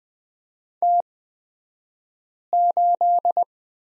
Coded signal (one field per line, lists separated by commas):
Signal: Morse code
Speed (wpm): 20 wpm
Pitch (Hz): 700 Hz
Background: none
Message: T8